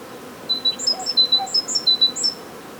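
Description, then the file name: Great tit giving rapid high, clear notes that switch back and forth between a lower and a higher pitch, around a dozen in quick succession, with a faint low chirp mid-series. "Parus major"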